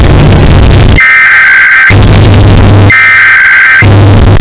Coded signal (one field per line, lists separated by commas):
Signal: Emergency Alert System (SAME) tones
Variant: header bursts